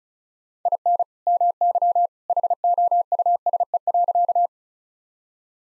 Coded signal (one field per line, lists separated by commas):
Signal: Morse code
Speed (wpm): 36 wpm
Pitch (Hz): 700 Hz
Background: none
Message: IN MY HOUSE.